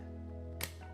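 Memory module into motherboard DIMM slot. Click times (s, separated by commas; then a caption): 0.6 s. A DDR4 memory stick is pushed down with both thumbs into a motherboard DIMM slot, and both latches snap shut together in one solid click at 0.6 s. The click rises sharply over a steady low hum and other continuous background sound. The module is seated.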